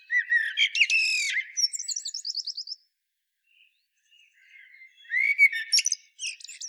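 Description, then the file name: Common blackbird song: a fluty warbled phrase ending in a fast, high chattering trill, a quiet pause, then another mellow phrase begins. "Turdus merula"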